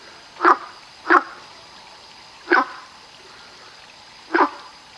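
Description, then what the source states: Frog calls: four short, rasping notes, the first two close together, then a pause before two more spaced about two seconds apart, with low background hiss. Recorded 22 June 2019.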